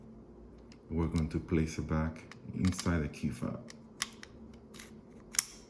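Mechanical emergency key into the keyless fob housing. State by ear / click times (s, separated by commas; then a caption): seated / 5.4 s. Someone talks while the metal emergency key blade is slid back into the plastic keyless fob housing of a 2020 Honda Odyssey, with a few small handling taps around 4.0–4.8 seconds. A sharp click at 5.4 seconds marks the key latching, fully seated in the fob.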